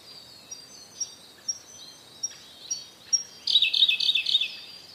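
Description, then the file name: Siberian blue robin song: thin, high ticking notes spaced out at irregular intervals, then a loud rapid rattling trill to close. "koruri"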